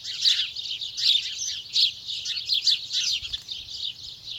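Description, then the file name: House sparrow calls, repeated sharp chirps in an uneven stream of overlapping notes, louder peaks roughly every half second to second. "Passer domesticus"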